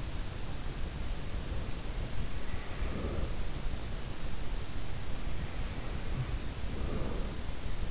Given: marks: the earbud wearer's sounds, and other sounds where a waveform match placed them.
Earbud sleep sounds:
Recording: sounds in sleep by an in-ear microphone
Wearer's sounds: breath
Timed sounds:
1.19-3.63 s: breath
5.09-7.91 s: breath

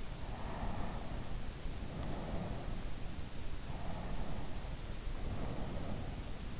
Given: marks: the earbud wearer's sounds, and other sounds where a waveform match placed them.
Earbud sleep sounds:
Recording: sounds in sleep by an in-ear microphone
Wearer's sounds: breath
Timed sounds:
0.06-2.96 s: breath
3.27-6.60 s: breath

